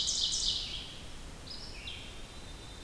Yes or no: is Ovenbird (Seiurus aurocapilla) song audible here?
yes